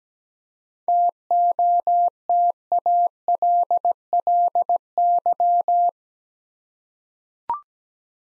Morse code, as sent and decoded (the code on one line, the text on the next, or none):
- --- - .- .-.. .-.. -.--
TOTALLY